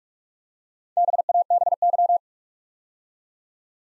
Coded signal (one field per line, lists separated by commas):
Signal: Morse code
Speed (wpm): 44 wpm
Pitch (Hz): 700 Hz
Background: none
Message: BABY